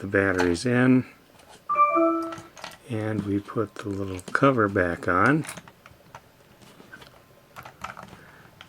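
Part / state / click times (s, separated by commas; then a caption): battery compartment cover into film camera body / not seated / none. Someone talks while the small threaded battery cover is put back onto the body of an Olympus XA2 35mm film camera after the batteries go in, then turned gently to check that the threads catch before tightening. After the talk, faint light ticks are heard from about 6.2 s to 8.7 s as the cover turns. The cover is lined up on its threads, and nothing has seated or clicked yet.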